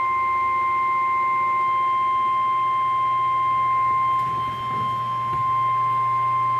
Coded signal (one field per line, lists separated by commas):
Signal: Emergency Alert System (SAME) tones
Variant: 1050 Hz attention tone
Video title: Severe Thunderstorm Warning [EAS #68]